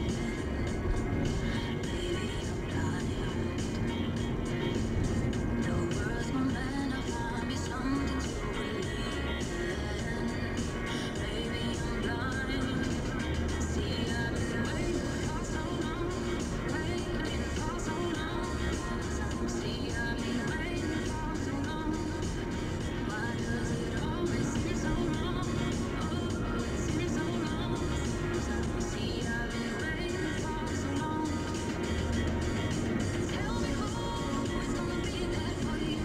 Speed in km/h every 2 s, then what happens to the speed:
44, 44, 46, 47, 48, 49, 51, 52, 51, 50, 48, 47, 47, 47, 47, 47, 47, 47.
0-11 speeds up to 51. 11-36 steady at about 47.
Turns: none.